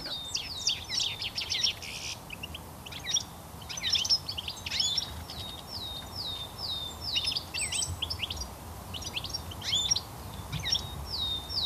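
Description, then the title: European goldfinch singing a rapid, liquid twitter of chirps and tinkling notes mixed with repeated short downslurred whistles. Song now heard widely in southern Finland in gardens, parks, rail yards and cemeteries. "Viikon luontoääni: Tikli"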